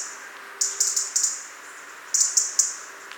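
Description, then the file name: European robin calling with hard, sharp ticks in two bursts, four quick clicks then three more, against a constant background hiss. "Erithacus rubecula"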